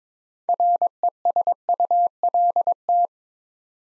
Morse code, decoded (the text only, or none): RESULT